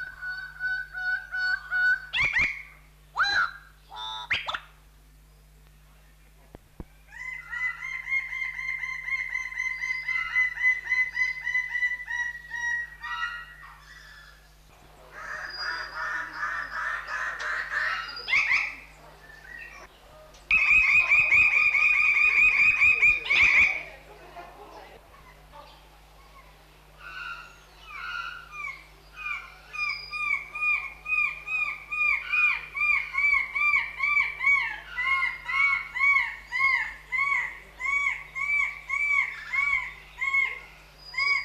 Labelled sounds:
Greater Bird-of-paradise call

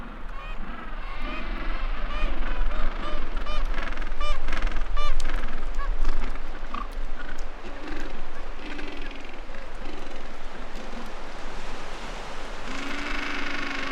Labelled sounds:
Gentoo Penguin call

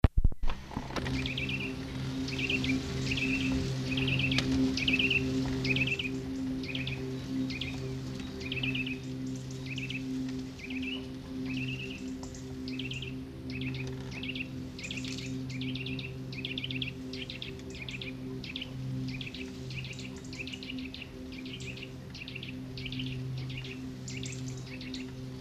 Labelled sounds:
Eurasian Nuthatch song

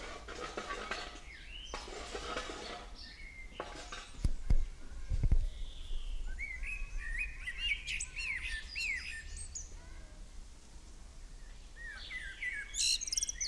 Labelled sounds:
Common Blackbird song

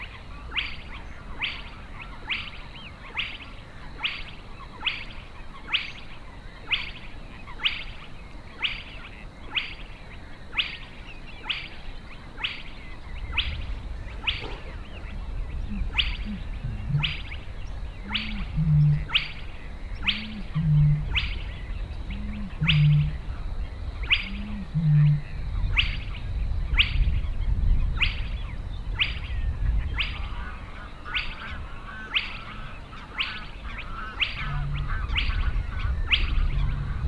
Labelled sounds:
Spotted Crake song

